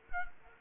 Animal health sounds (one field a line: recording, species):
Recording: mosquito wingbeat signal from an infrared sensor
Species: Culex quinquefasciatus